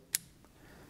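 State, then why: Seated. A standard one-inch steel screwdriver bit is pushed down into the collet bit holder of a Klein Tools 8-in-1 Multi-Bit Stubby Screwdriver (32308). It gives a sharp, bright click at 0.2 s as it seats and locks in place, followed by a faint softer tick near 0.5 s and quiet background.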